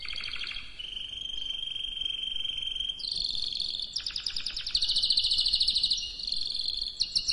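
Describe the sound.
Canary delivering a long sustained whistled trill that jumps into a loud, rapidly pulsing high roll, with quick changes of phrase near the end.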